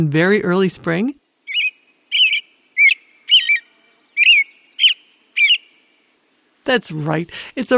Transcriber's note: American Robin song